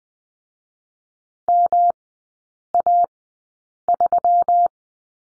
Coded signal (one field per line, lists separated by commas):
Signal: Morse code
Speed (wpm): 20 wpm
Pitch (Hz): 700 Hz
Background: none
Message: MA3